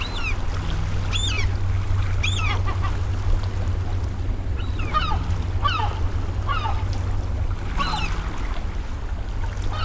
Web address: best service Blue Box sea traffic boat ferry seagulls